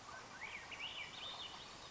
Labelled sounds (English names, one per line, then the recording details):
Swainson's Thrush
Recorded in Sonoma County, California